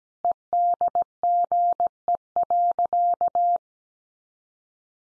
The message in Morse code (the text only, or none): EDGE.